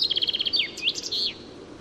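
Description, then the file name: Common chaffinch song ending: a quick run of repeated sharp notes followed by a descending, swooping flourish, over faint low background noise. "Fringilla coelebs"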